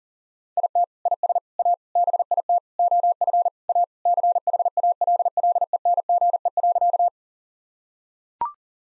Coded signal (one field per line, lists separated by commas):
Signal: Morse code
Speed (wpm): 37 wpm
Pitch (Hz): 700 Hz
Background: none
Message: IT IS A BIT OF A CHALLENGE.